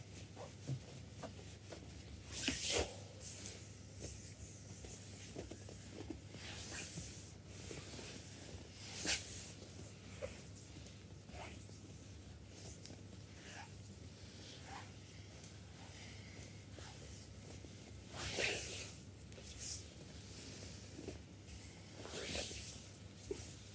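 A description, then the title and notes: A full body spa massage with a massager, heard as a steady low hum running underneath the whole time. Soft rubbing and brushing sounds come and go in irregular bursts, with brighter swishes near 3, 9, 18 and 22 seconds. Spa full body massage with massager.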